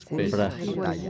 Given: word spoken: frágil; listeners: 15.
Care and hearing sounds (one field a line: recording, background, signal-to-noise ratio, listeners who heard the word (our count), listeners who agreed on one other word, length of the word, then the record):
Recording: one Spanish word in noise, from a listening test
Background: four-talker babble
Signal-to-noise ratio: -1.4 dB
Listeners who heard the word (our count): 1 of 15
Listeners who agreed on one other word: 7 of 15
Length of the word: 0.70 s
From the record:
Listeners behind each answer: 7, 1, 1, 1, 1, 1, 1, 1, 1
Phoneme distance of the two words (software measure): 55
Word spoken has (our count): 2 syllables, 6 phonemes, stress on syllable 1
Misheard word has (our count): 2 syllables, 7 phonemes, stress on syllable 2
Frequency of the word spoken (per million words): 11.77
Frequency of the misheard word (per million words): 46.67